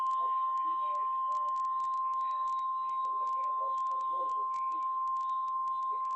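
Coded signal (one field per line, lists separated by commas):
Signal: Emergency Alert System (SAME) tones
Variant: 1050 Hz attention tone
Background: speech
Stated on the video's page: Severe Thunderstorm Warning from the NWS Miami office.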